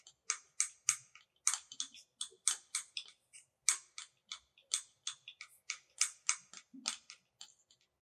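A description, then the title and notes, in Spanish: Soft, bright tapping repeats steadily at about three taps per second, each crisp click fading quickly, clear over near silence. 1 minuto de Tapping ASMR. El sonido repetitivo y suave del tapping.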